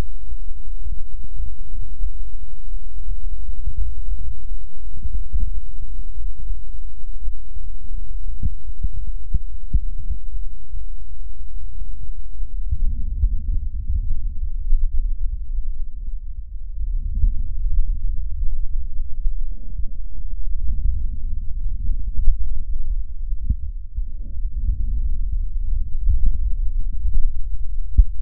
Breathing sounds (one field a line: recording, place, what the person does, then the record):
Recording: lung sounds by stethoscope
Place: left anterior apical chest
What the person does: quiet breathing, then deep breathing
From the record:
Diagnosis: COPD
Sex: female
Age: 68 years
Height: 150 cm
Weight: 70 kg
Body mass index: 31.1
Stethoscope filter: bell mode